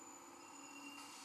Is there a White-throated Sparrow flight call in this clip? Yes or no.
no